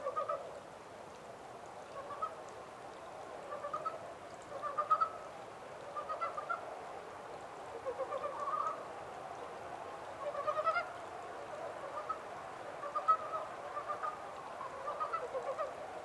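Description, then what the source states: Montane brown frog chorus-like sequence of soft, pulsing clucks that run almost continuously, with brief louder bursts scattered among them. Recorded 14 April 2010.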